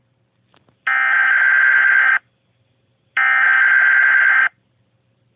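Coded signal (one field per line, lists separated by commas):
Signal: Emergency Alert System (SAME) tones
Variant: header bursts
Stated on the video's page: Fictional EAS scenario with simulated alert tones.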